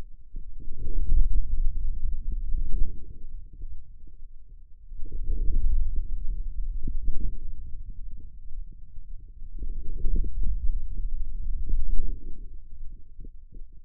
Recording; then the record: forearm muscle sounds (acoustic myography)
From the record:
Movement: hand closing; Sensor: system 2, bracelet of six BSWA MPA416 microphones around the upper forearm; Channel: 6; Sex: male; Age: 22 years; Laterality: right